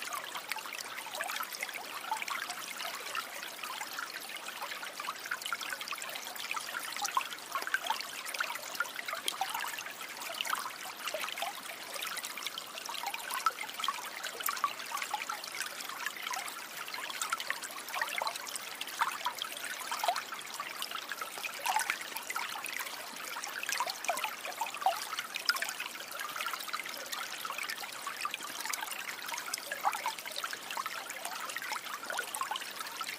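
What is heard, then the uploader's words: A small creek trickles and splashes steadily for the whole stretch, with dense, quick bubbling and dribbling over stones. The sound is bright, with no deep rumble, and its level stays even with small constant flickers. No other sounds intrude. Creek Sounds.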